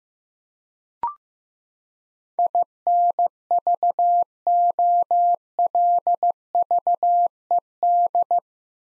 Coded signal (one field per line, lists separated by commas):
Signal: Morse code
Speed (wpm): 15 wpm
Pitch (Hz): 700 Hz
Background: none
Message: INVOLVED